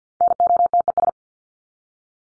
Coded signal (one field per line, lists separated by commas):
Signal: Morse code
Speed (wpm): 50 wpm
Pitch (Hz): 700 Hz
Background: none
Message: NOTES